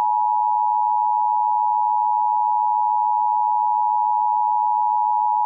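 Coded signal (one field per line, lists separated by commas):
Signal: Emergency Alert System (SAME) tones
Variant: 853 and 960 Hz attention tone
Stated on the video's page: NOAA Weather Radio weekly test alerts.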